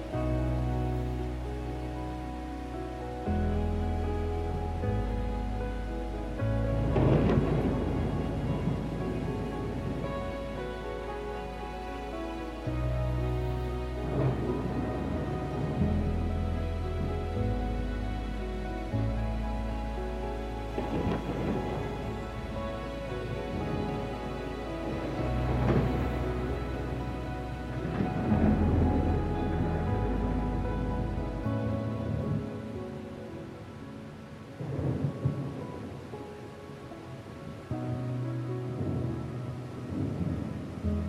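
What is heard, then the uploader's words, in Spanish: Soft classical music with thunder and rain. Slow, sustained low chords shift every few seconds under a steady hiss of rain, while bright crackling thunder-like bursts flare up around 7, 14, 21, 26, 29 and 35 seconds. Sonidos relajantes del trueno y la lluvia, acompañados de música clásica suave.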